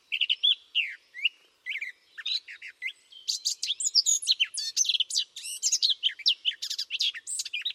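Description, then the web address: Bird song that opens with spaced whistled notes, then quickens into a crowded stream of chirps and trills. "birddata Deverinetal 2025 File origin Bird Only"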